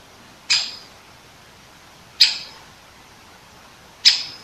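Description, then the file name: Great Spotted Woodpecker making three short, piercing 'kik' calls roughly every two seconds over low background hiss. Recorded 21 September 2015 at 19:10. "dzieciol duzy nikolay sariev - (dendrocopos major), 2015-09-21 , 19 10"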